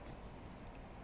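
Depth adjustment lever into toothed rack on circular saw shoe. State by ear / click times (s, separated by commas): not seated / none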